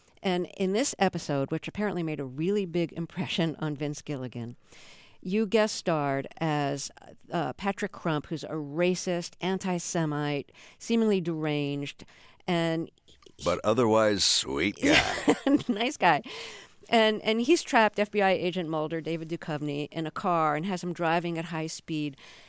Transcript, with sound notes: And in this episode, which apparently made a really big impression on Vince Gilligan, you guest starred as Patrick Crump, who's a racist anti-Semite, seemingly deranged and...
But otherwise sweet guy.
(Laughter) Nice guy. And he's trapped FBI Agent Mulder, David Duchovny, in a car and has him driving at high speed.